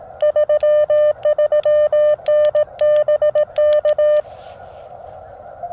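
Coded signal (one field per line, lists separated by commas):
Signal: Morse code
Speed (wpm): 18 wpm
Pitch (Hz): 600 Hz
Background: none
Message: 33N BK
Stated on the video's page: Morse on a POTA activation using a JPC-12 vertical antenna, KX2 at QRP and FT-891 at 50 watts, including a DX contact.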